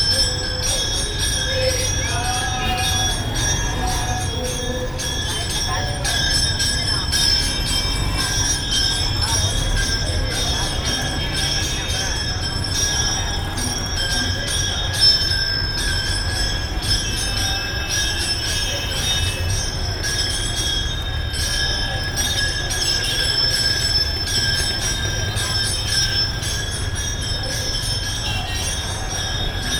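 Near a temple, a steady low rumble runs throughout, overlaid by sustained high ringing tones and faint metallic jingling at an unchanging level.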